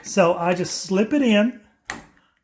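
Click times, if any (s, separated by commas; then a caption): 1.9 s. Someone talks while slipping a copper tubing cutter over a half-inch copper pipe, ready to turn it clockwise to cut. A sharp click at 1.9 s is heard as the cutter snaps into place, followed by a couple of faint ticks, and the cutter is seated on the pipe.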